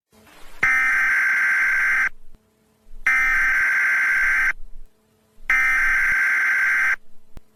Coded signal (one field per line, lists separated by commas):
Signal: Emergency Alert System (SAME) tones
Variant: header bursts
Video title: My Channel's Weekly EAS Test